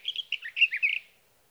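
Sage thrasher giving a brief burst of quick warbled notes, about a second long, then stopping.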